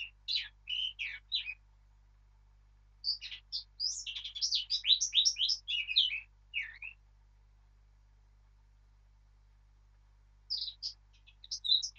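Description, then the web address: Eurasian blackcap song, a rapid jumble of varied twittering and warbled notes delivered in bursts, then a long pause before a final short phrase; quiet background otherwise. "birdsong Sylvia atricapilla"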